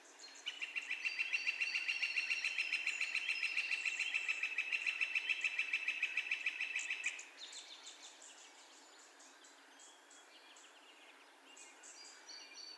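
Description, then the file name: Northern flicker giving a long, steady series of sharp repeated notes for about seven seconds, then stopping, leaving faint twittering of other birds in the background. Calls; recorded 2 May 2020. "2020-05-02 Northern Flicker- Calls"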